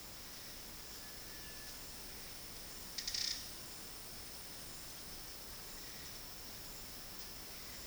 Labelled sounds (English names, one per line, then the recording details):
White-throated Tinamou
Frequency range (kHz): White-throated Tinamou 1.2-2.5 kHz
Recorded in dense forest near Puerto Asís, Putumayo, Colombia, on 20 February 2024 at 10:30
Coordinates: 0.481, -76.318
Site G6421